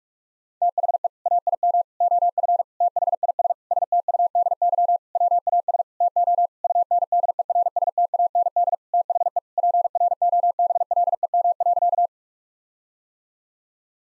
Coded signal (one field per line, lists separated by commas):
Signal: Morse code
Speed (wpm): 46 wpm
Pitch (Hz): 700 Hz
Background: none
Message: THE AIM OF THIS STUDY WAS TO UNDERSTAND THE PROBLEM.